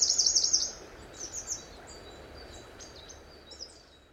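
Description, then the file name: Eurasian wren song, a brief intense high trill at the start, then only scattered faint notes over a soft background hiss. "Troglodytes troglodytes"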